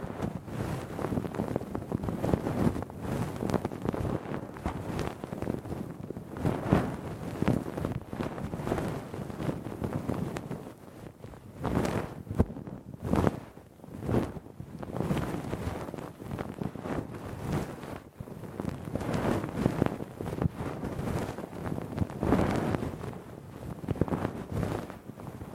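Rough, deep ear cleaning with a Q-tip and ear pick: a dense, rumbling scrape that rubs on almost without pause. The scratching surges and eases in uneven strokes, with brief gaps around the twelve- to fourteen-second mark and near eighteen seconds.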